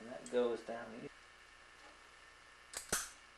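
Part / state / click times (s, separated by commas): fork seal retaining clip into the motorcycle fork lower slider groove / seated / 2.8 s, 2.9 s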